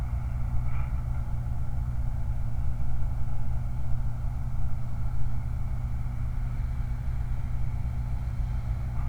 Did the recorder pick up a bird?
no